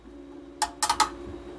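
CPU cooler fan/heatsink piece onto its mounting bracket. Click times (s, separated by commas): 0.6 s, 0.8 s, 1.0 s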